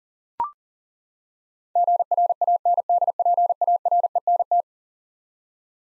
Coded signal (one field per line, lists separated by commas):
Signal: Morse code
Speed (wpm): 40 wpm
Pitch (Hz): 700 Hz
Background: none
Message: GRANDPARENT